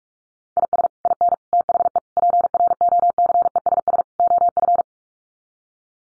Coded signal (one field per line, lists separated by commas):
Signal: Morse code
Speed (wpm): 44 wpm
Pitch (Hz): 700 Hz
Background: none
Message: IS IN THE PROCESS OF